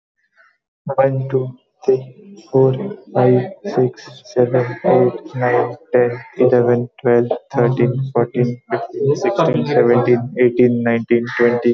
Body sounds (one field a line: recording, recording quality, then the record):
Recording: counting at a normal pace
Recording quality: excellent, no background noise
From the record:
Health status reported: exposed to COVID-19, no respiratory illness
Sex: male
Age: 26 years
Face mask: not worn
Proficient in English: yes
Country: India